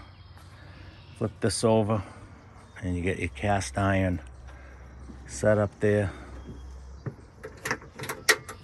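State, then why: Seated. On a camper's outdoor kitchen, someone talks while flipping over the cast iron grill/griddle plate on the slide-out and setting it into the pull-out grill frame. A few light metal knocks and clatters follow, then the plate locks home with a sharp metal clunk at 8.3 s. It is seated and stays in place.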